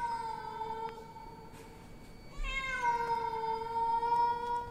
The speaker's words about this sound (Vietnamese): Tự nhiên, ở bên ngoài, có cái con mèo nó kêu vang từ cửa sổ.